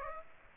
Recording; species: mosquito wingbeat signal from an infrared sensor; Aedes aegypti